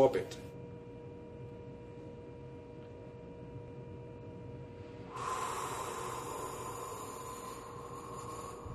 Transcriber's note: breathes out